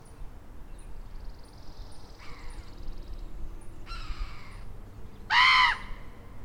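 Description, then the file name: Common raven calls, one loud harsh croak near the end after two fainter hoarse notes, with soft high ticks and steady low rumble behind. "Common Raven - Corvus corax"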